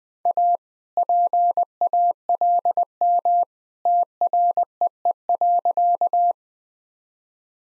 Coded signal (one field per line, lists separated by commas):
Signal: Morse code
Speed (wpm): 21 wpm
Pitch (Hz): 700 Hz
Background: none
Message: A PALM TREE.